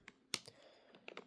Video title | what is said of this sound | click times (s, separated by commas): Pc build SFF 4060 WBenchmarks | okay, so once they're in, you gotta press it in to hear the click. Yeah, there we go. | 0.3 s